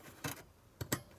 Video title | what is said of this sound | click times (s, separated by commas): 3 Xbox's, Ebay Junk. Part 2. The Xbox One S All Digital | a second one across and that should click in place if I put this on the desk | 0.8 s, 0.9 s